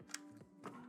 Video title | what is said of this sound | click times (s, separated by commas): Reacting To JaysTwoCents Video | I'll do that again in the microphone so you can hear it. If you hear the click as an end user, you | 0.1 s